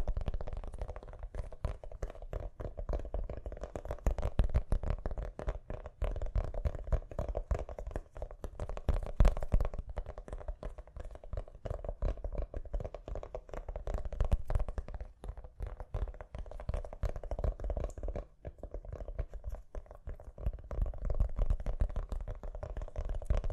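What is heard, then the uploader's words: Gentle tapping runs continuously for the whole stretch: dense, quick, soft taps with no real pauses, forming a steady patter. The taps sit mostly low to middle in pitch with a faint crisp tick on top, and the level stays even from start to finish. ASMR Gently Tapping You to Sleep (No Talking).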